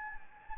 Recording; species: mosquito wingbeat signal from an infrared sensor; Anopheles gambiae